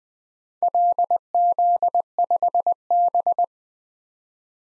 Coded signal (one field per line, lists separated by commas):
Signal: Morse code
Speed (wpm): 20 wpm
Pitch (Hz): 700 Hz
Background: none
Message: LZ5B